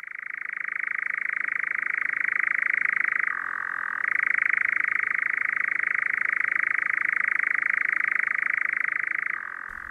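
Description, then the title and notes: European nightjar churring song: a long unbroken mechanical trill that shifts between two pitch levels, switching briefly between the third and fourth seconds and again near the end. Churring likened to the whirr of a spinning wheel; a mournful night-time sound familiar to many older people. "Viikon luontoääni: Kehrääjä. Juha Laaksonen"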